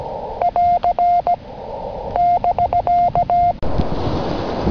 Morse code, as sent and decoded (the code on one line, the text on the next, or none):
.-.-. / -...-.-
<AR> <BK>